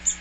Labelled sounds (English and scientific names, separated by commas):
Magnolia Warbler (Setophaga magnolia) flight call